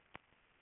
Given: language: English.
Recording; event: throat vibration sensor signal played as sound; swallow